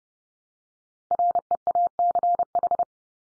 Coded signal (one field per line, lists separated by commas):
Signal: Morse code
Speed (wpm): 30 wpm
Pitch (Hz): 700 Hz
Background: none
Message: REACH